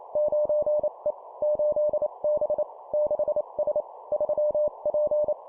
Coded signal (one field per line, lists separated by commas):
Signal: Morse code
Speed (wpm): 28 wpm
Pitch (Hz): 600 Hz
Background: none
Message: 9E 8B 6S 3P